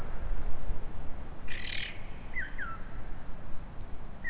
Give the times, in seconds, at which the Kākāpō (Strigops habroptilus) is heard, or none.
none